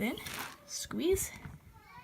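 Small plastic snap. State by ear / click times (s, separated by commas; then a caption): not seated / none. Snap pliers are squeezed and released to press a plastic snap half onto the fabric of a romper placket while someone talks. Nothing has seated or clicked yet.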